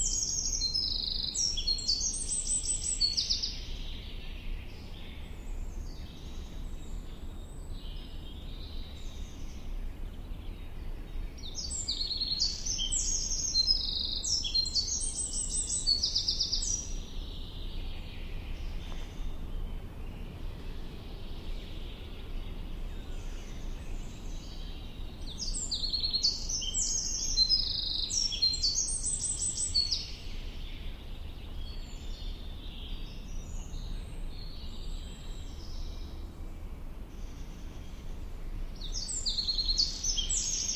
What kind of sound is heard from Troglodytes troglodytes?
song